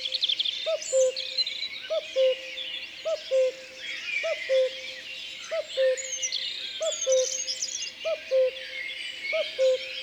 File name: Coucou gris Concerts Naturels de la Drome Studio les Trois Becs